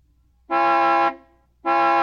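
A car horn honks twice: a loud, steady blast of about half a second, a short pause, then a second blast starting, its rich buzzing harmonic tone holding one pitch.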